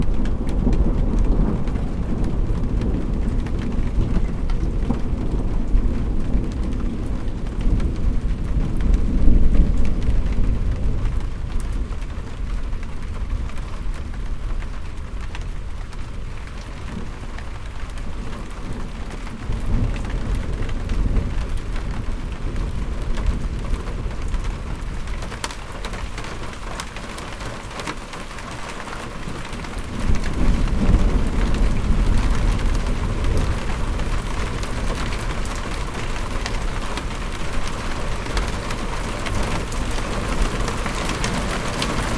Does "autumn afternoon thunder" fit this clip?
yes